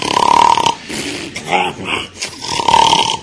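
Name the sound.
voice imitating snoring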